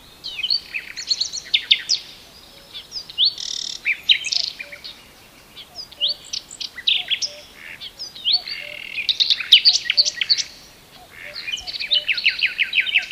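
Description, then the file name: Common nightingale song in several bursts of rapid repeated notes, rich whistles and harsh chatters, each phrase separated by short pauses, over a quiet steady background. "Luscinia megarhynchos"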